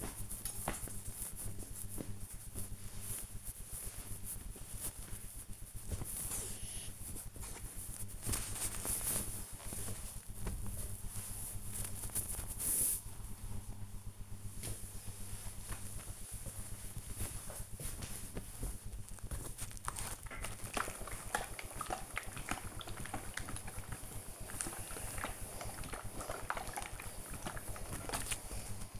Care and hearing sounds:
household activities, microphone on the right wrist
0.00-9.55 s: folding laundry
12.57-29.00 s: ironing laundry

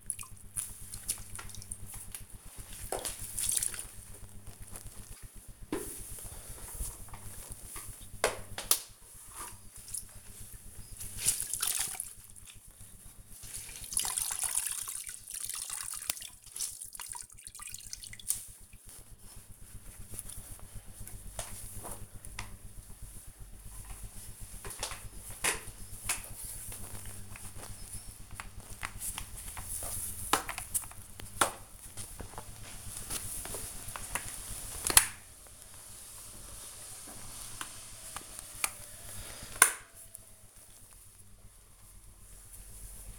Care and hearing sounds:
household activities, microphone on the right wrist
0.00-43.18 s: floor cleaning

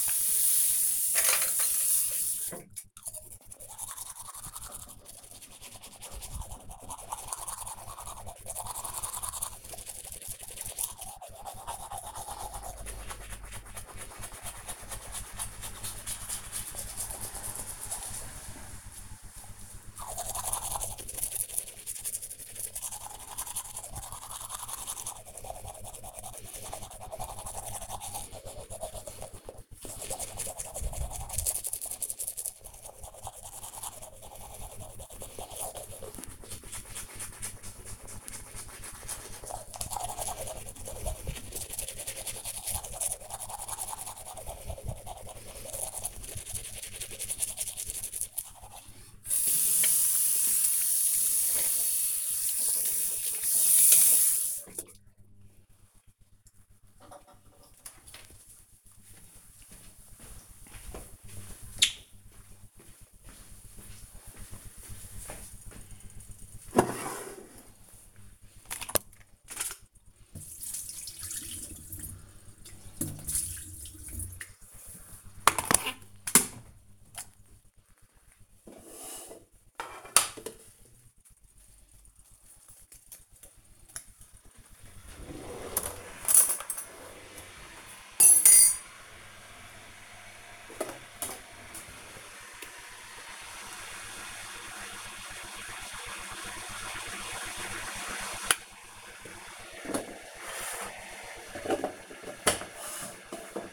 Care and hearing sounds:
household activities, microphone on the right wrist
0.00-55.24 s: brushing teeth
71.36-103.73 s: making tea

